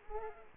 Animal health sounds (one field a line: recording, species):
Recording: mosquito wingbeat signal from an infrared sensor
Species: Culex quinquefasciatus